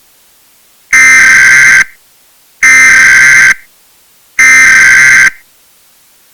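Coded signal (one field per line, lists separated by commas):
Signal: Emergency Alert System (SAME) tones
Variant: header bursts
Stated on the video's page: Fictional scenario; made with text-to-speech and audio editing software.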